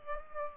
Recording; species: mosquito wingbeat signal from an infrared sensor; Culex pipiens